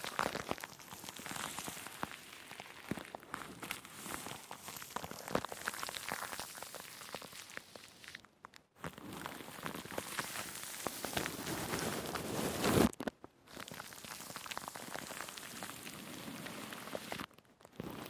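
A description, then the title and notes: Dense crinkling and rustling of plastic wrap, a steady crackle of many tiny snaps that sounds almost like rain. The texture runs continuously, broken by short silent gaps near 8.5, 13 and 17.5 seconds, with a sharper scratch just before the middle gap. Plastic Wrap Triggers Crinkles. Scratching.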